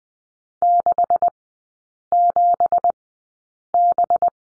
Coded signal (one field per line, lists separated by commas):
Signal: Morse code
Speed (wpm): 20 wpm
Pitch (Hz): 700 Hz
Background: none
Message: 67B